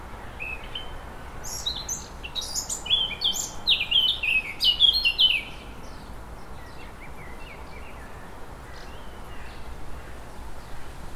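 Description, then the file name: Eurasian blackcap song, a rich burst of varied warbled phrases lasting a few seconds, then fading to a few faint notes over quiet background hiss. "Sylvia atricapilla"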